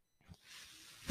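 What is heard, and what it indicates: A soft thump, then a steady rising hiss of airflow: a person's own home mechanical ventilator delivering a breath.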